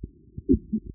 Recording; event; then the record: neck accelerometer signal played as sound; voluntary cough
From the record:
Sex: female